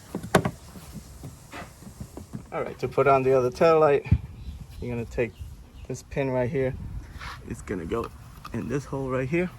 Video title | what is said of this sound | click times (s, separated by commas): VW TIGUAN Taillight Removal and Installation - Volkswagen makes this very Easy! | Like that. And then this just pops in place. | 0.3 s